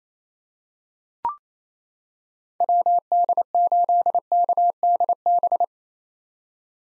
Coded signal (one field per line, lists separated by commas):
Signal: Morse code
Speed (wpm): 27 wpm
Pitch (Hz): 700 Hz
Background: none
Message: WD8KDB